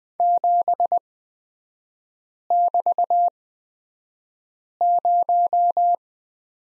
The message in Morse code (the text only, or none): 7<BT>0